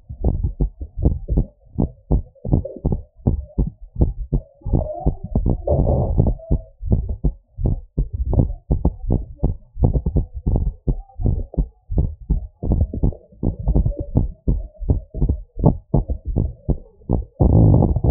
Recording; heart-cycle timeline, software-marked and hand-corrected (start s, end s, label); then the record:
heart sounds
0.00	0.25	diastole
0.25	0.39	S1
0.39	0.61	systole
0.61	0.71	S2
0.71	0.99	diastole
0.99	1.13	S1
1.13	1.31	systole
1.31	1.45	S2
1.45	1.77	diastole
1.77	1.89	S1
1.89	2.11	systole
2.11	2.23	S2
2.23	2.51	diastole
2.51	2.63	S1
2.63	2.85	systole
2.85	2.97	S2
2.97	3.27	diastole
3.27	3.39	S1
3.39	3.59	systole
3.59	3.71	S2
3.71	3.99	diastole
3.99	4.11	S1
4.11	4.33	systole
4.33	4.41	S2
4.41	4.71	diastole
4.71	4.85	S1
4.85	5.05	systole
5.05	5.15	S2
5.15	5.43	diastole
5.43	5.57	S1
5.57	5.81	systole
5.81	5.95	S2
5.95	6.17	diastole
6.17	6.33	S1
6.33	6.51	systole
6.51	6.61	S2
6.61	6.89	diastole
6.89	7.03	S1
7.03	7.25	systole
7.25	7.35	S2
7.35	7.63	diastole
7.63	7.77	S1
7.77	7.99	systole
7.99	8.07	S2
8.07	8.33	diastole
8.33	8.49	S1
8.49	8.71	systole
8.71	8.81	S2
8.81	9.07	diastole
9.07	9.19	S1
9.19	9.43	systole
9.43	9.53	S2
9.53	9.81	diastole
9.81	9.93	S1
9.93	10.15	systole
10.15	10.25	S2
10.25	10.53	diastole
10.53	10.65	S1
10.65	10.89	systole
10.89	10.97	S2
10.97	11.23	diastole
11.23	11.35	S1
11.35	11.57	systole
11.57	11.67	S2
11.67	11.95	diastole
11.95	12.07	S1
12.07	12.31	systole
12.31	12.43	S2
12.43	12.73	diastole
12.73	12.89	S1
12.89	13.19	systole
13.19	13.33	S2
13.33	13.69	diastole
13.69	13.87	S1
13.87	14.15	systole
14.15	14.25	S2
14.25	14.49	diastole
14.49	14.63	S1
14.63	14.87	systole
14.87	14.99	S2
14.99	15.23	diastole
15.23	15.37	S1
15.37	15.63	systole
15.63	15.77	S2
15.77	16.07	diastole
16.07	16.17	S1
16.17	16.39	systole
16.39	16.51	S2
16.51	16.77	diastole
16.77	16.87	S1
16.87	17.11	systole
17.11	17.25	S2
17.25	17.57	diastole
17.57	17.75	S1
17.75	18.05	systole
18.05	18.11	S2
From the record:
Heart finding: normal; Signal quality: good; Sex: female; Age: 60 years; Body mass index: 17.6